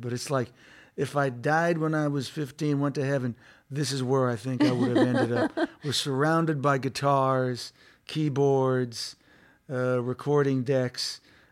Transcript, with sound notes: But it's like if I died when I was 15, went to heaven, this is where I think I would've ended up.
(Laughter).
We're surrounded by guitars, keyboards, recording decks.